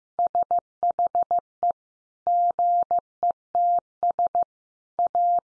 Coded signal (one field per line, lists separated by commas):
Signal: Morse code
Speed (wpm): 15 wpm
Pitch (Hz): 700 Hz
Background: none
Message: SHE GETS A